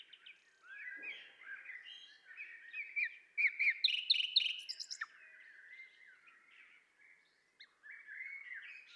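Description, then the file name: Common nightingale song with varied whistles building into a loud run of sharp repeated notes and rattles, followed by softer chattering phrases and a pause. "Luscinia megarhynchos"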